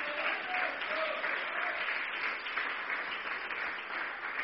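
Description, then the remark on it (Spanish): An audience at a religious service claps steadily for several seconds, applauding for Jesus; a dense, even wash of applause that stays loud throughout, with faint voices calling out underneath. “Dele palmas a Jesús.”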